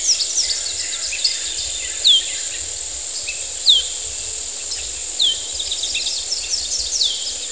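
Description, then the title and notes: Cicada song as a continuous high whine, with birds adding downslurred whistled notes every second or two. Humid morning on the outskirts of San Cristóbal de Las Casas, Chiapas, May 2021. "cigarras. Mañana húmeda a las afueras de San Cristóbal de Las Casas, Chiapas. Mayo 2021"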